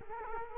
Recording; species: mosquito wingbeat signal from an infrared sensor; Culex quinquefasciatus